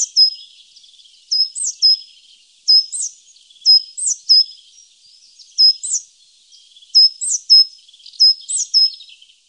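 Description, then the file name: Coal tit repeating a short phrase of high, thin, hooked notes roughly every one and a half seconds, with faint soft twittering underneath. "Svartmes"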